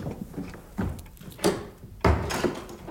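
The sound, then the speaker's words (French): A house door is pushed shut on a cold winter evening as someone comes in from outside, amid shuffling and handling noises, with a muffled knock and then a heavier, solid thud as it closes, followed by a faint rattling settle. “Fermez la porte !”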